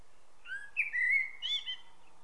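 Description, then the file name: Common blackbird giving one brief phrase of whistled, slightly rising notes ending in a higher chirp, against soft background noise. "Turdus merula"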